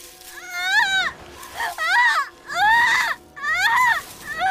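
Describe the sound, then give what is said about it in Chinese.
Anguished, high-pitched wailing cries of pain from a man come in four long, strained bursts with short gasping breaks between, loud and rising into screams. “…疼得鼻涕眼泪一起下来，哭声里都带着嘶喊了。”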